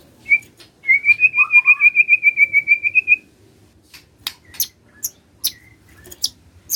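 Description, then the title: White-rumped shama song: a long steady pulsed whistled trill, followed by scattered sharp high ticks. Lure to prompt lazy white-rumped shamas to sing. "PANCINGAN MURAI BATU. SIULAN MURAI BATU❗ PANCINGAN MURAI MALAS AGAR BUNYI❗❗"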